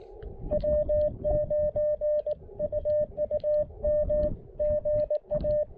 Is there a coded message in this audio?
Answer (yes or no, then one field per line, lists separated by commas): yes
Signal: Morse code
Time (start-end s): 0.5-5.6 s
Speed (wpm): 18 wpm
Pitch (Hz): 600 Hz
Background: music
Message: W9UUM GA